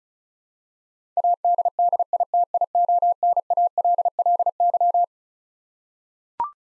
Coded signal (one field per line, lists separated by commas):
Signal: Morse code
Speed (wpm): 36 wpm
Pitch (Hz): 700 Hz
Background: none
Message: ADDITIONALLY